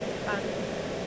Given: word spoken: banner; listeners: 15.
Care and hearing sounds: one English word in noise, from a listening test; speech-shaped noise; -6.8 dB; 0 of 15; 6 of 15; 0.67 s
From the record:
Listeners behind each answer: 6, 2, 2, 1, 1, 1, 1, 1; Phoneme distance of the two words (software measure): 20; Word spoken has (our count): 2 syllables, 4 phonemes, stress on syllable 1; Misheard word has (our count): 1 syllable, 4 phonemes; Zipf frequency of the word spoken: 3.54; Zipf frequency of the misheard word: 5.28

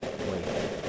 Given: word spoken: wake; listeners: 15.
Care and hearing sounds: one English word in noise, from a listening test; noise modulated by three-talker babble; -6.8 dB; 1 of 15; 14 of 15; 0.49 s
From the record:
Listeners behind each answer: 14, 1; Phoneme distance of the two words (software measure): 10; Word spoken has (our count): 1 syllable, 3 phonemes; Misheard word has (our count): 1 syllable, 3 phonemes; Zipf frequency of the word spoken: 4.64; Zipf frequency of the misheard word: 5.37

